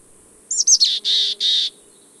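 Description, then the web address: Mountain chickadee with a single chick-a-dee call: quick high twittering notes leading into two long hoarse buzzy notes. "Know Your Bird Sounds Common Western Species 01-Mountain Chickadee"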